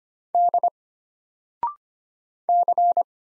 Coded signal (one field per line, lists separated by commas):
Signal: Morse code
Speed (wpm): 25 wpm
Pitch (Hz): 700 Hz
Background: none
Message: D C